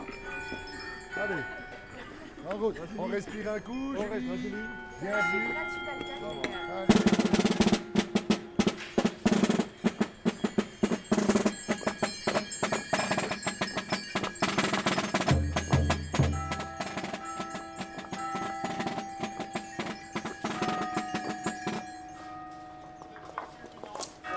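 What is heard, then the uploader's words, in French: A walk through Belgian soundscapes opens quietly, with murmuring voices and wavering tones. Around seven seconds it turns dense and busy: rapid clattering clicks over sustained ringing, chime-like tones, with a brief low rumble near fifteen seconds before steadier ringing carries on. C’est une marche traversant des espaces sonores Belges. La vie se déroule et chante, trépigne, longe des canaux, frappe et martèle le sol. Il y a de grands espaces, des tours, des rivières, mais aussi des pièces fermées, des chambres et des escaliers qui communiquent avec le dehors.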